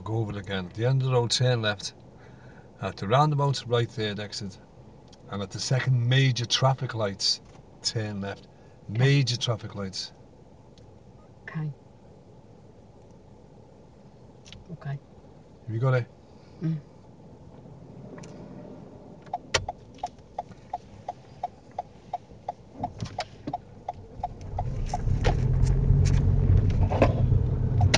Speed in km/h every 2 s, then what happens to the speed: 0, 0, 0, 0, 0, 0, 0, 0, 0, 0, 0, 10, 16, 19.
0-20 standing. 20-28 pulls away to 19.